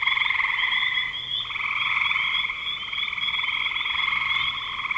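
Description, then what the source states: Frogs trilling together in a thick unbroken chorus, fast pulsed notes merging into a steady buzzing wall of sound. Recorded in spring 2025.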